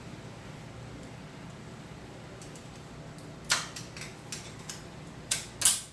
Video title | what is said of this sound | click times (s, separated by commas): CRV rear diff power transfer upgrade on Red's AWD Civic EM2 | There you go. You can hear that click. | 5.3 s